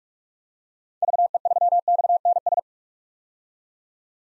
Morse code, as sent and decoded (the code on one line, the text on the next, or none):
...- . ...-- -..- -. ...
VE3XNS